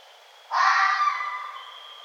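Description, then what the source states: One red fox call: a rough, raspy scream, loud at onset and fading over about a second, with a faint steady tone in the background. Recorded 1 November 2011.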